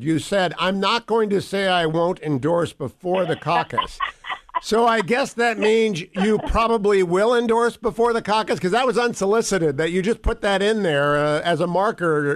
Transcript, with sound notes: You said I’m not going to say I won’t endorse before the caucus. (laughing) So I guess that means you probably will endorse before the caucus, because that was unsolicited, that you just put that in there as a marker.